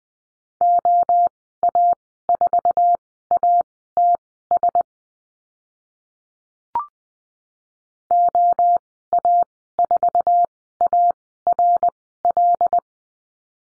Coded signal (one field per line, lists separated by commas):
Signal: Morse code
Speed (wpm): 20 wpm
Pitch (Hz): 700 Hz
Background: none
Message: OA4ATS OA4ARL